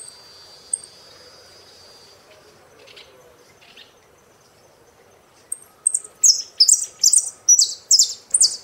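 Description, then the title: Saffron finch: faint high notes at first, then a burst of loud, high chirped song phrases near the end. "Jilguero Argentino"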